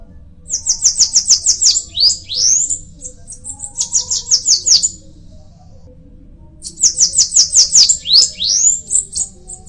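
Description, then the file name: Bananaquit song: three high, rapid buzzy trills of repeated notes in about ten seconds, some followed by sharp rising sweeps. "canto da cambacica"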